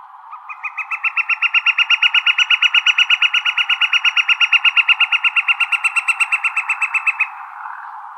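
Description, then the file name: Woodpecker call, a fast, regular run of nasal notes sustained for several seconds over a soft background hiss. Recorded in Arizona on 4 August 2006. "deviche"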